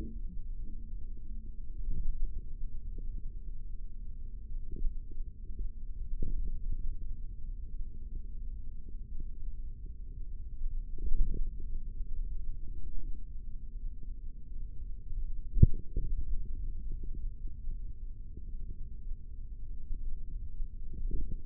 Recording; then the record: forearm muscle sounds (acoustic myography)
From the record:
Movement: index flexion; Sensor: system 3, bracelet of six PUI Audio POM-2738L microphones around the upper forearm, with dedicated amplification and filtering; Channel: 2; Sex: male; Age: 55 years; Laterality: right